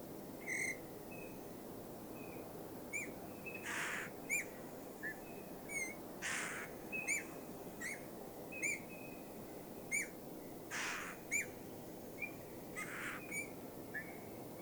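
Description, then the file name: Eurasian bullfinch calls, many brief whistled notes interrupted by several noise bursts over steady hiss. "Pyrrhula pyrrhula"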